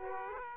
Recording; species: mosquito wingbeat signal from an infrared sensor; Aedes aegypti